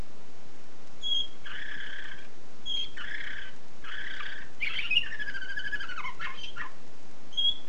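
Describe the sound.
Canary song: bright whistled notes alternate with buzzy, rattling tours, with a rich, warbling passage near the end.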